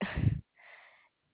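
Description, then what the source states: Koala giving a deep, rough snort lasting under half a second, then a softer, breathy hiss that fades out. Dated 4 6 2021.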